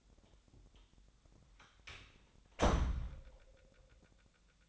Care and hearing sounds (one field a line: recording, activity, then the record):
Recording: daily activity, microphone in the room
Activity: close door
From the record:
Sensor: 3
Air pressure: 1007.1 hPa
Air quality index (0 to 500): 204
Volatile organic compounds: 18 ppm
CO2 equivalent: 2606 ppm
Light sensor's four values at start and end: 12/28/12/12 and 12/28/12/12